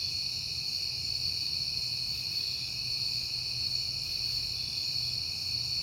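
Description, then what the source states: Cricket chorus, a continuous shrill trilling held at one high pitch throughout, over a faint low hum. Crickets at night in September, on a peaceful night.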